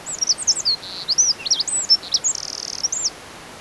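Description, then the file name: Eurasian wren singing a fast, very high string of varied whistled notes, with a dry buzzing trill near the end, over steady background hiss. "Troglodytes troglodytes"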